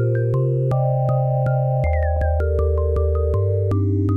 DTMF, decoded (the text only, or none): none